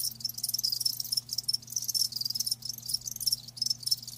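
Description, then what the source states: Cricket giving rapid pulsed chirps in a high shimmering buzz, with a low hum in the background. Live crickets chirping, a lulling song.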